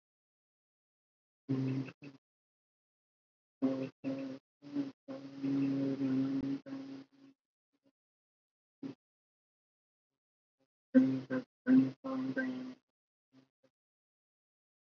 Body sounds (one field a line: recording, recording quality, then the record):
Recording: counting at a normal pace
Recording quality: poor, much background noise or distortion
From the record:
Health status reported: healthy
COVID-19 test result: negative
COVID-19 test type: rapid antigen test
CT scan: not taken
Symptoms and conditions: cough, fatigue, diarrhoea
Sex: male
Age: 25 years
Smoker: no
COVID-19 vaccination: both doses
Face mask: worn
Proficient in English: yes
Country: India